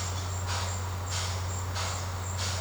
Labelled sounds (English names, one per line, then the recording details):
none
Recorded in secondary vegetation near Puerto Asís, Putumayo, Colombia, on 19 March 2025 at 17:00
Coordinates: 0.468, -76.324
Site G059